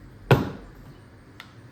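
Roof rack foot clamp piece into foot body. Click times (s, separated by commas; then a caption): 0.3 s. A roof rack foot clamp piece is snapped into the foot body of a Rhino Rack Pioneer Platform crossbar foot for a Ford F150, before the T-nut is slid onto the track. A sharp, loud snap at 0.3 s seats the parts together, followed by a fainter tick at 1.4 s.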